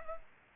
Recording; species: mosquito wingbeat signal from an infrared sensor; Aedes aegypti